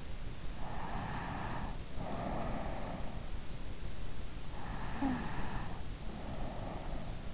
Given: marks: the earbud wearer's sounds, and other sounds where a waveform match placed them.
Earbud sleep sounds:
sounds in sleep by an in-ear microphone; breath
0.57-3.31 s: breath
4.47-7.34 s: breath

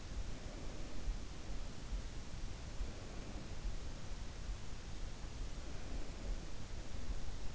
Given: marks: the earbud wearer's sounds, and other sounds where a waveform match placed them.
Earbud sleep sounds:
sounds in sleep by an in-ear microphone; breath
0.00-1.82 s: breath
2.62-4.23 s: breath
5.52-7.49 s: breath

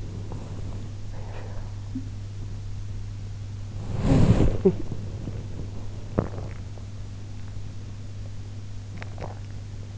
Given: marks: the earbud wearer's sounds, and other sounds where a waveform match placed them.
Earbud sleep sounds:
sounds in sleep by an in-ear microphone; body movement, talking in sleep, swallowing
0.00-0.93 s: body movement
1.90-2.14 s: sound from someone else or the room
3.90-4.59 s: body movement
4.59-4.83 s: talking in sleep
6.11-6.56 s: swallowing
8.95-9.37 s: swallowing

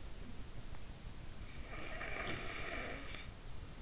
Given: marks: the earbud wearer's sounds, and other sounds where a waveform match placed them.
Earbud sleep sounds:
sounds in sleep by an in-ear microphone; breath
1.40-3.69 s: breath

